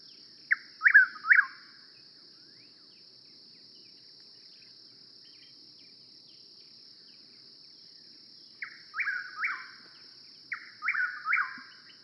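Chuck-will's-widow gives one whistled phrase, falls silent for about seven seconds, then sings two more. An unbroken high drone fills the pauses.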